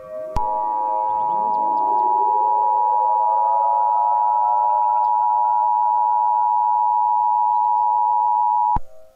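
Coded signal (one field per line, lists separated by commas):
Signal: Emergency Alert System (SAME) tones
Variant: 853 and 960 Hz attention tone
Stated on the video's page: Fictional EAS scenario about a nuclear attack, simulated.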